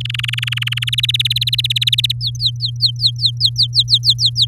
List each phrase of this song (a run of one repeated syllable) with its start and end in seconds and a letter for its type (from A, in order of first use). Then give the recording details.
0.00-0.90 A, 0.92-2.12 B, 2.21-4.46 C. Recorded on 7 May 2018 at 19:44. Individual llb16